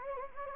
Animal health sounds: mosquito wingbeat signal from an infrared sensor; Anopheles gambiae

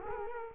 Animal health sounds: mosquito wingbeat signal from an infrared sensor; Culex quinquefasciatus

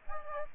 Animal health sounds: mosquito wingbeat signal from an infrared sensor; Aedes aegypti

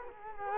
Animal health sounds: mosquito wingbeat signal from an infrared sensor; Culex quinquefasciatus

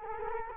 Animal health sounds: mosquito wingbeat signal from an infrared sensor; Culex quinquefasciatus

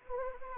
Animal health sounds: mosquito wingbeat signal from an infrared sensor; Anopheles arabiensis

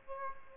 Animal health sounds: mosquito wingbeat signal from an infrared sensor; Aedes aegypti

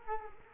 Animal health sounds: mosquito wingbeat signal from an infrared sensor; Culex quinquefasciatus

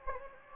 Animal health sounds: mosquito wingbeat signal from an infrared sensor; Anopheles gambiae

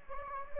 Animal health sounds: mosquito wingbeat signal from an infrared sensor; Anopheles gambiae

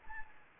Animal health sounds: mosquito wingbeat signal from an infrared sensor; Anopheles arabiensis

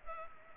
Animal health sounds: mosquito wingbeat signal from an infrared sensor; Culex pipiens

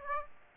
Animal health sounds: mosquito wingbeat signal from an infrared sensor; Aedes aegypti

